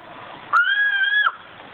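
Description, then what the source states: Sumatran cuckoo giving one level, slightly wavering note lasting under a second, over background hiss. Cell-phone recording, played back, made by a man spending the night beside the bird; the first call obtained; call unknown for about 150 years; likened to a chicken running scared.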